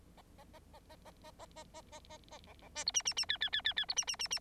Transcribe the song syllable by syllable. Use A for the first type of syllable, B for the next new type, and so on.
A A A A A A A A A A A A A B B C D E E E F F F F F D E E E E